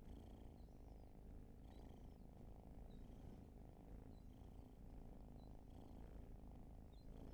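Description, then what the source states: Cat purr, a continuous soft low rumble, with faint high bird chirps sounding now and then above it. Long purring session, raw field recording.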